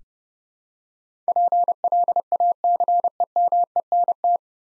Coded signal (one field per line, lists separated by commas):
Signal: Morse code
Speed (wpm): 30 wpm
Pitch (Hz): 700 Hz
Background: none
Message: PLACEMENT